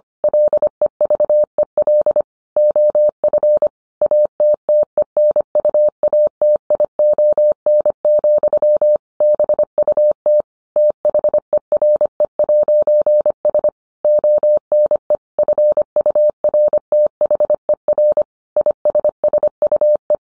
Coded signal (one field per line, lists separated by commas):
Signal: Morse code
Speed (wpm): 25 wpm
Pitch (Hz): 600 Hz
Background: none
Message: LEVEL OF ATTENUATION, BUT THERE'S ONE FURTHER ISSUE